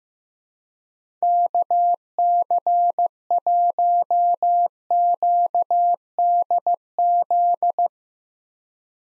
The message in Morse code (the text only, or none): KC1QDZ